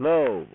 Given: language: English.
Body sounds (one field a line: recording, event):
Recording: throat vibration sensor signal played as sound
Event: speech